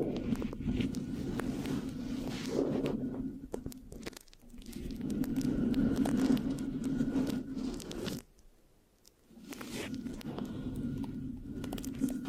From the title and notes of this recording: ASMR Giving You a Brain Peel Mic Scratching, Sticky, Brain Massage Triggers (No Talking).